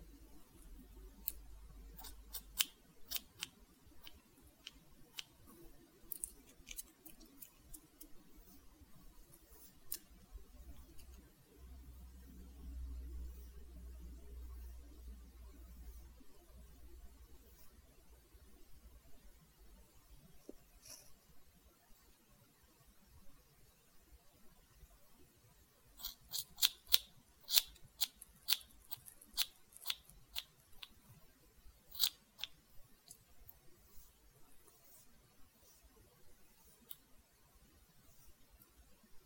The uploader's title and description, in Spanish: Corte de cabello. Muchos sonido de tijeras